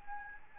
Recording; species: mosquito wingbeat signal from an infrared sensor; Anopheles arabiensis